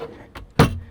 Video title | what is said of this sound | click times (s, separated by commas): Install Guide - 4Runner 6th Gen Non-Hybrid Overlanding Drawer System | fully locked in. | 0.6 s